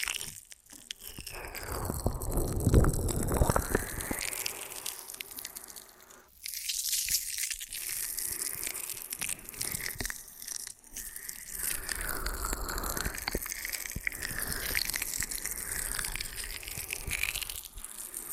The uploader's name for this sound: Ear & Scalp Massage and Cleaning